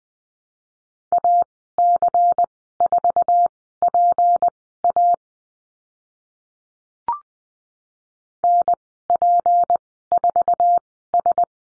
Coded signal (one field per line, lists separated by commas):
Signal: Morse code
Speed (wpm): 20 wpm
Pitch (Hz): 700 Hz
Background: none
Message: AC4PA NP4S